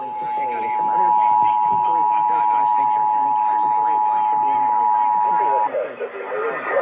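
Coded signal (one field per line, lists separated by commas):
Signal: Emergency Alert System (SAME) tones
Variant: 853 and 960 Hz attention tone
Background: speech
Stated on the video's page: Required Monthly Tests received over a single night.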